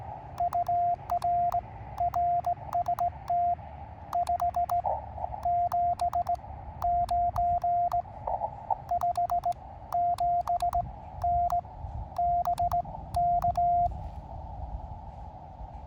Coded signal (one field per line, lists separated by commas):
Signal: Morse code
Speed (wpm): 18 wpm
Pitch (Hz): 700 Hz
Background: radio noise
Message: UR RST 579 57N BK